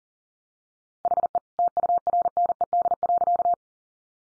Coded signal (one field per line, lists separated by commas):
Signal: Morse code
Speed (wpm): 40 wpm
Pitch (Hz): 700 Hz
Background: none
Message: HE TURNED.